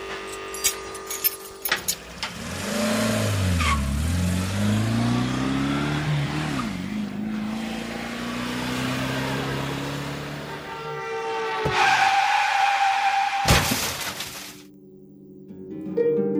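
A few metallic jingles, then a car engine starts and revs, its pitch swooping up and down as it drives off, before a loud tire screech and a sudden sharp bang.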